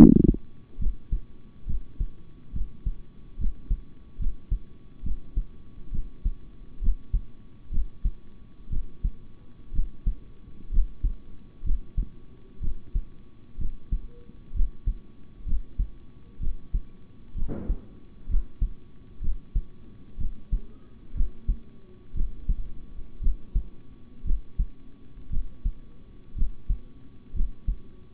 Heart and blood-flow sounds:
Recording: heart sounds by stethoscope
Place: between the tricuspid and mitral areas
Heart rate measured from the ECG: 63 bpm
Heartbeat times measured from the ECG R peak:
0.78 s: heartbeat
1.66 s: heartbeat
2.52 s: heartbeat
3.38 s: heartbeat
4.18 s: heartbeat
5.03 s: heartbeat
5.91 s: heartbeat
6.80 s: heartbeat
7.70 s: heartbeat
8.69 s: heartbeat
9.72 s: heartbeat
10.70 s: heartbeat
11.63 s: heartbeat
12.60 s: heartbeat
13.58 s: heartbeat
14.53 s: heartbeat
15.45 s: heartbeat
16.39 s: heartbeat
17.35 s: heartbeat
18.28 s: heartbeat
19.21 s: heartbeat
20.17 s: heartbeat
21.14 s: heartbeat
22.14 s: heartbeat
23.20 s: heartbeat
24.24 s: heartbeat
25.30 s: heartbeat
26.35 s: heartbeat
27.33 s: heartbeat
From the record:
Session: rest, sitting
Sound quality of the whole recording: good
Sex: male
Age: 26 years

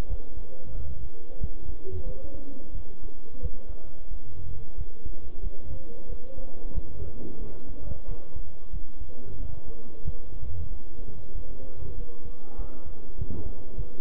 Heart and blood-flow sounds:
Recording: heart sounds by stethoscope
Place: between the tricuspid and mitral areas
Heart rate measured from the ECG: 92 bpm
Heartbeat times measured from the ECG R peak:
0.10 s: heartbeat
0.75 s: heartbeat
1.41 s: heartbeat
2.06 s: heartbeat
2.75 s: heartbeat
3.42 s: heartbeat
4.11 s: heartbeat
4.78 s: heartbeat
5.43 s: heartbeat
6.09 s: heartbeat
6.74 s: heartbeat
7.41 s: heartbeat
8.08 s: heartbeat
8.73 s: heartbeat
9.40 s: heartbeat
10.05 s: heartbeat
10.71 s: heartbeat
11.35 s: heartbeat
11.97 s: heartbeat
12.59 s: heartbeat
13.19 s: heartbeat
13.78 s: heartbeat
From the record:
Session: bicycle stress test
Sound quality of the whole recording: good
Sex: male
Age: 23 years

